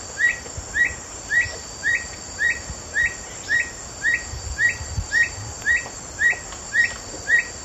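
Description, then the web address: Black bushbird song of upward-inflected whistled notes, spaced steadily at about two per second, with a constant high insect buzz. Song; eastern lowlands of South America. "Natures Songs S America Eastern Lowlands. Neoctantes niger, song"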